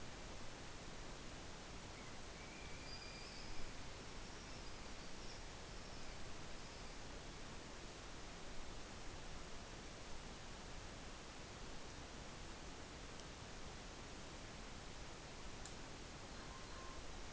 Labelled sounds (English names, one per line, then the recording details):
Morepork more-pork call
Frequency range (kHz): Morepork 0.8-1.2 kHz
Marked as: faintness 5/5
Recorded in New Zealand on 12 November 2013
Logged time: 02:19
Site Ponui